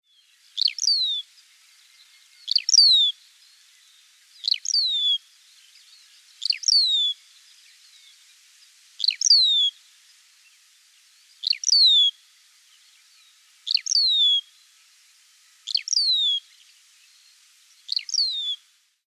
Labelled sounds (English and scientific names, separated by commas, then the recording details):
Crested Lark (Galerida cristata)
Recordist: Tembrock, Günter
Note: Rufe